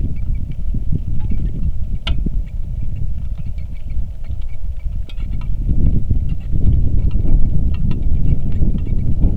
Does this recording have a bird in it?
yes